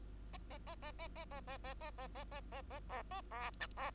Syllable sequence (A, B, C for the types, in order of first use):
A A A A A A A A A A A A A A A B A B C B